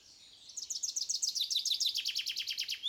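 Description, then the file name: Common chaffinch song, a rapid run of many high repeated notes in a steady trill. "Fringilla coelebs"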